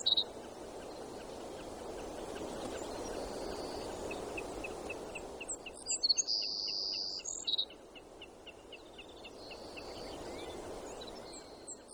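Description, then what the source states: Savannah sparrow song: a few thin chips, then a loud, high buzzy trill midway, with rapid ticking throughout and constant broad background hiss. Bird in Alaska, recorded 7 June 2018 at 02:55.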